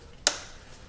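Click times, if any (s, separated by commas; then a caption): 0.3 s. A spark plug wire boot is pushed onto its terminal on the coil tower of a newly replaced ignition coil in a Dodge Neon, listening and feeling for a good click to confirm a solid connection between the coil and the wire. One sharp, bright click sounds at 0.3 s and fades quickly against a quiet background. The boot is seated.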